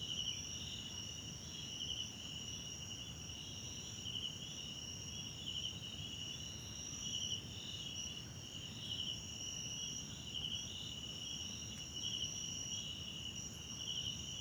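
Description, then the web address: Cricket chorus, a continuous high ringing trill with faint pulsed bursts at regular intervals over soft low background noise. South African crickets, background ambience recorded at night in a wetland park at Kosi Forest Lodge, South Africa. "sonniss 2018 individual Tonschliff - SOUTH AFRICAN CRICKETS BG South Africa Wetland Park Kosi Forest Lodge Night"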